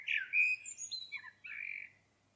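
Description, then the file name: Common blackbird giving a short fluted song phrase of clear whistled and slurred notes. "Turdus merula"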